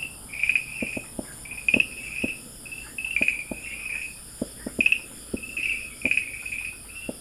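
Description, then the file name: Farmland green tree frog chirps repeat in quick groups, mixed with sharp, low clicking knocks scattered throughout. Recorded at Dalin, 30 May 2009. "090530 dalin farmland treefrog"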